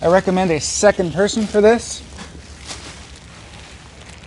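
Someone talks while the backrest of a Golden EZ Slim PR 750 Lift Recliner is handled so its two side sliders line up with the brackets on the base before it is pushed down. The talking gives way to faint, low handling noise for the rest of the clip. The back is not yet lined up, and nothing has seated or clicked yet.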